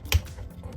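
A plastic limb part of a knock-off BPF-02 Slag Dinobot (Volcanicus) transforming robot figure, which popped off at the slightest wrong movement, is pushed back into its tight joint socket. A single sharp click at 0.1 s marks the part seating back into place, followed by faint low rustling.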